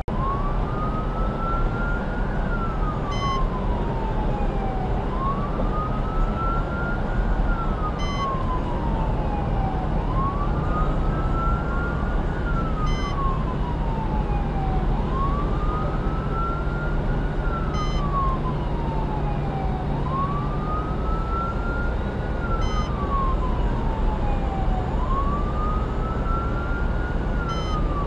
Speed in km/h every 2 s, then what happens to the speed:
111, 113, 113, 116, 116, 116, 114, 113, 111, 111, 109, 109, 109, 108.
0-28 steady at about 111.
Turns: none.